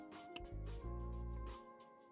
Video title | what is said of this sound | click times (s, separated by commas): Come build a PC with me! | And you you I heard that I I felt and heard a click. | 0.4 s